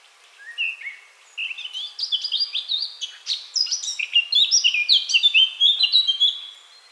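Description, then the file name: Eurasian blackcap singing a lively, continuous warble that starts with soft chattering notes and builds into quick, varied, high twittering and whistled phrases over seven seconds. "Sylvia atricapilla"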